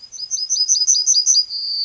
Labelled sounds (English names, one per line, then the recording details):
Yellowhammer song
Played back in forest
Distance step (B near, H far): B
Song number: 110